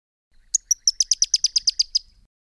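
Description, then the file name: Pyrrhuloxia giving a quick series of about a dozen high, sharp, down-slurred notes in a fast even run, then falling silent. "suara-panggilan-burung-pyrrhuloxia-1-omkicau"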